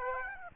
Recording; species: mosquito wingbeat signal from an infrared sensor; Aedes aegypti